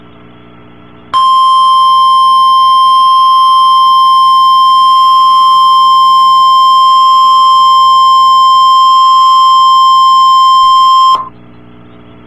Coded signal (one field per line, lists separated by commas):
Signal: Emergency Alert System (SAME) tones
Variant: 1050 Hz attention tone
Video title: Real NOAA Weather Radio EAS Alert #281